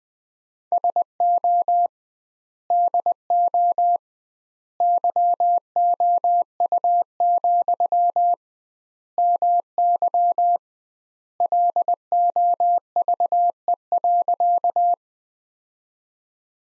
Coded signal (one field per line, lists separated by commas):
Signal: Morse code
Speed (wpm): 21 wpm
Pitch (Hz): 700 Hz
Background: none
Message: SO DO YOU, MY LOVE.